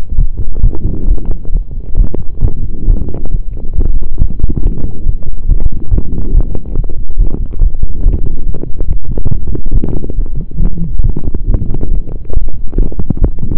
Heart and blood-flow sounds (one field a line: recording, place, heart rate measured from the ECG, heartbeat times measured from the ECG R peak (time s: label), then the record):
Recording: heart sounds by stethoscope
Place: between the tricuspid and mitral areas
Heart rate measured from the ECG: 138 bpm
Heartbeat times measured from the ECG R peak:
0.18 s: heartbeat
0.64 s: heartbeat
1.08 s: heartbeat
1.53 s: heartbeat
1.98 s: heartbeat
2.43 s: heartbeat
2.88 s: heartbeat
3.32 s: heartbeat
3.76 s: heartbeat
4.20 s: heartbeat
4.64 s: heartbeat
5.07 s: heartbeat
5.49 s: heartbeat
5.92 s: heartbeat
6.35 s: heartbeat
6.77 s: heartbeat
7.19 s: heartbeat
7.61 s: heartbeat
8.04 s: heartbeat
8.46 s: heartbeat
8.88 s: heartbeat
9.31 s: heartbeat
9.74 s: heartbeat
10.17 s: heartbeat
10.60 s: heartbeat
11.04 s: heartbeat
11.48 s: heartbeat
11.92 s: heartbeat
12.34 s: heartbeat
12.79 s: heartbeat
13.22 s: heartbeat
From the record:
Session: pedaling a stationary bicycle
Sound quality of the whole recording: saturated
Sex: male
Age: 23 years